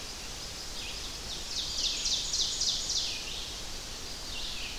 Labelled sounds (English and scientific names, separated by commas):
Ovenbird (Seiurus aurocapilla) song